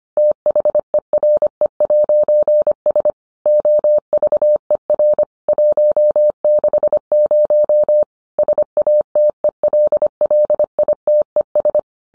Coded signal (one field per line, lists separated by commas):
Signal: Morse code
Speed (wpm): 25 wpm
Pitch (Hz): 600 Hz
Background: none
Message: THERE'S OVER 160 SATELLITES